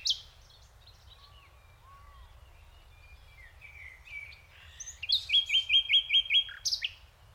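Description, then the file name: Common nightingale: soft, drawn-out whistles, then a loud run of several rapid, identical repeated notes, with a low continuous rumble in the background. "Luscinia megarhynchos"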